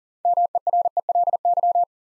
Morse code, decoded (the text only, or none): MERELY